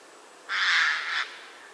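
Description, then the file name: Eurasian jay giving a single harsh, rasping screech lasting under a second, with a quiet background before and after. "Garrulus glandarius"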